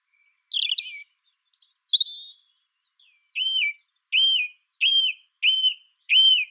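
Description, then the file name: Song thrush singing, a brief jumbled start, then one ringing arched whistle repeated five times, about one every 0.7 seconds. Song thrush singing in a duet. "Pernatye duety - Pevchij drozd i zaryanka"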